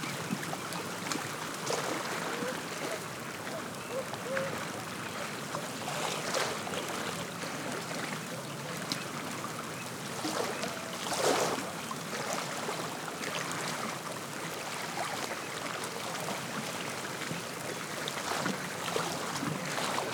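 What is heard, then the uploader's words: Small waves lap constantly against the tule-lined shore, with wind gusting through bare branches and rustling dry grass, swelling briefly near eleven seconds. I recorded this on a breezy winter afternoon beside Big Lake in the northeast corner of Shasta County, California. The constant lapping of small wind waves against the tule lined shore is punctuated by the soft sound of the wind blowing through the bare branches of nearby trees and the gentle rustling of dry grasses.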